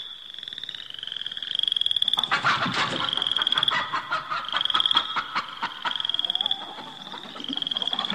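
Cricket trilling: a steady, high, shrill trill in long stretches with brief gaps, mixed with loud rapid clicking, croak-like pulses.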